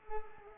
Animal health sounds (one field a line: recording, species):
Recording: mosquito wingbeat signal from an infrared sensor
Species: Culex pipiens